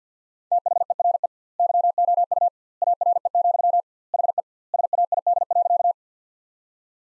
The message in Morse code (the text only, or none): THERE YOU ARE, HE SAID.